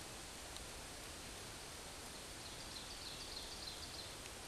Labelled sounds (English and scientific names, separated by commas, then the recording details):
Ovenbird (Seiurus aurocapilla) song
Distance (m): 85 m
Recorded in a Pennsylvania forest on 17 May 2023 at 14:02
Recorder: AudioMoth, point grid1_34_low
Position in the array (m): 209 m, 26 m